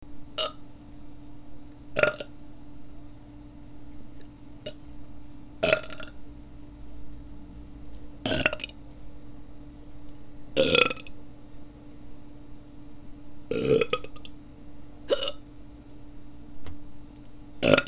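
Repeated hiccups in an adult.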